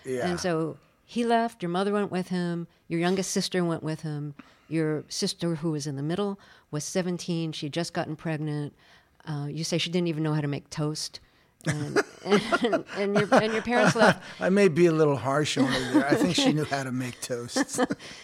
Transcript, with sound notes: And so he left. Your mother went with him. Your youngest sister went with him. Your sister, who was in the middle, was 17, she'd just gotten pregnant. You say she didn't even know how to make toast.
(Laughter).
And your parents left...
I may be a little harsh on her there. I think she knew how to make toast.